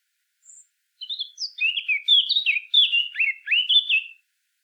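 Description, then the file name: Eurasian blackcap singing after one thin high note, a quick tumbling series of loud, clear whistled phrases lasting roughly three seconds. "Sylvia atricapilla"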